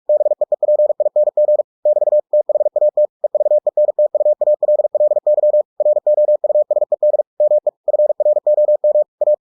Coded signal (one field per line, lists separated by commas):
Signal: Morse code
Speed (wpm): 46 wpm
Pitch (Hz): 600 Hz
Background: none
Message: BEEPING <BT> THAT EVENTUALLY ROUSED ME FROM A